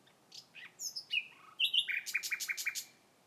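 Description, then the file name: Common nightingale song phrase: a few scattered whistles and a sustained tone, then a loud rhythmic run of about eight repeated notes. "Nachtigall Gesang"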